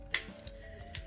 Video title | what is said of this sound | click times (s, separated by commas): Transformers Review: Studio Series Devastator | locks into place as well as it can | 0.1 s